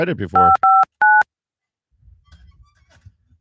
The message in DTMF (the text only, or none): 559